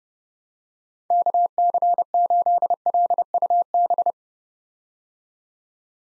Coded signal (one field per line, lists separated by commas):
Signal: Morse code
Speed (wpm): 31 wpm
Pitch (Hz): 700 Hz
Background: none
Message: KC8LUB